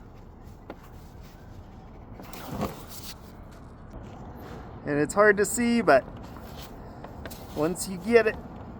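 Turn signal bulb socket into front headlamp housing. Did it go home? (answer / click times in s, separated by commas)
no / none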